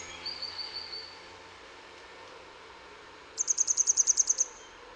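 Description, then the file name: Grey wagtail: after a faint thin trill, a fast burst of sharp, high-pitched notes comes loudly near the end. Recorded in Utrecht. "Grote gele kwikstaart in Utrecht - luc de bruijn"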